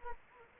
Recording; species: mosquito wingbeat signal from an infrared sensor; Anopheles arabiensis